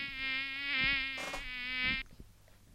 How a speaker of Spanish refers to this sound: Un mosquito. Un mosquito, un mosquito.